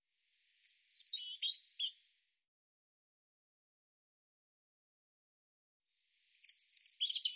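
European robin singing two brief, high, tinkling phrases of quick jumbled notes, one at the start and one near the end, with silence between.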